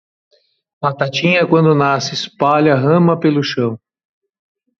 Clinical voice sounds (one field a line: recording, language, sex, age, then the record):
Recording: short text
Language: Brazilian Portuguese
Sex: male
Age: 50 to 59 years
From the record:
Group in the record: control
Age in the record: 52 years